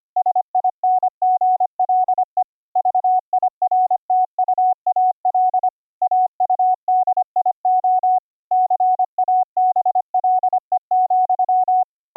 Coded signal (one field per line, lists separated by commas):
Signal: Morse code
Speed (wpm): 25 wpm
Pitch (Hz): 740 Hz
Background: none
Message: SINGLE VIRTUAL AUDIO CABLE,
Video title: Virtual audio cables for Morse Code audio routing - dropped audio buffers - experimental workaround